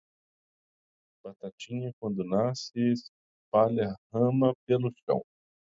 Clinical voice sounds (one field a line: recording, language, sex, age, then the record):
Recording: short text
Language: Brazilian Portuguese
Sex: male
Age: 30 to 39 years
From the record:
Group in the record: control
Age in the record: 37 years